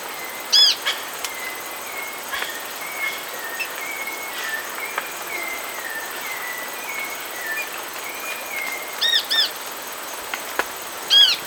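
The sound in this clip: Bird calls: arched ringing notes near the start and a pair and a single near the end, with a faint wavering whistle series and scattered clicks between.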